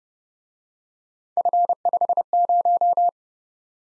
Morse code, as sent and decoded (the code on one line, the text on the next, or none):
..-. ..... -----
F50